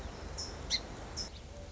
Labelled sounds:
Song Sparrow (Melospiza melodia)
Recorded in Sonoma County, California

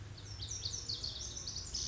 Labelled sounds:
Pacific Wren (Troglodytes pacificus)
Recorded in Sonoma County, California

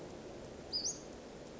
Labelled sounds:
Western Flycatcher (Empidonax difficilis)
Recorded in Sonoma County, California

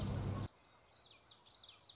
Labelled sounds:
Common Yellowthroat (Geothlypis trichas)
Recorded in Sonoma County, California

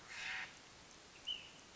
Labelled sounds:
Ash-throated Flycatcher (Myiarchus cinerascens)
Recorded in Sonoma County, California

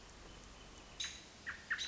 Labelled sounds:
American Robin (Turdus migratorius)
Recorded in Sonoma County, California

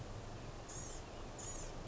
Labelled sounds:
Blue-gray Gnatcatcher (Polioptila caerulea)
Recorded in Sonoma County, California

